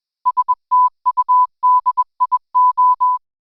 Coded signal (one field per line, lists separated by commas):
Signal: Morse code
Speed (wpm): 21 wpm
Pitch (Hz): 1000 Hz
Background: none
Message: STUDIO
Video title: Wednesday Experimenter's Night - French Connection + WSJT-X Logs + Studio Upgrade + Paddles + More